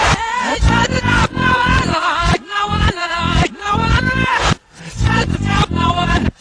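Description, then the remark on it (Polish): A song played backwards: loud, dense music with warped, swelling vocal tones that seem to rise and suck inward, running continuously apart from a few brief dips. “Sygnały od Państwa w sprawie różnych propozycji dotyczących utworów właśnie granych czy śpiewanych od tyłu, a są przecież klasyki.”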